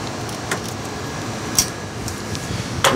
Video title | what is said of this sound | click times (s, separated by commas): Manitowoc Ice Technical Service Webcast featuring Refrigerant Recovery | I'm not sure if the camera picked that up or not, but that's a good way to tell that you're clicked in there nicely. | 2.8 s